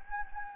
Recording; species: mosquito wingbeat signal from an infrared sensor; Anopheles gambiae